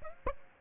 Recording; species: mosquito wingbeat signal from an infrared sensor; Aedes aegypti